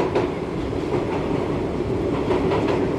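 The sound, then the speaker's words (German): A New York City subway train, the Times Square Shuttle heading toward the West Side, rumbles steadily along the rails, a dense low roar with faint rhythmic clacks from the wheels, loud and unbroken throughout, with no voices. “Ich atmete tief durch und folgte ihm zur U-Bahn.”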